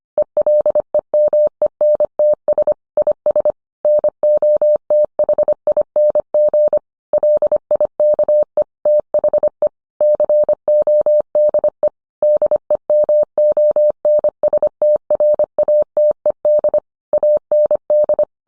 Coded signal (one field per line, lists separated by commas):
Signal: Morse code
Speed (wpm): 25 wpm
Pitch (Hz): 600 Hz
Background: none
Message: ELEMENTS IS NOTHING LIKE THE CODE DEMONSTRATED AND